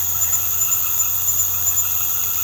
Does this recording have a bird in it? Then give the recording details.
no. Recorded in secondary vegetation near Puerto Asís, Putumayo, Colombia, on 24 March 2025 at 19:00. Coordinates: 0.468, -76.324. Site G059